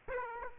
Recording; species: mosquito wingbeat signal from an infrared sensor; Aedes aegypti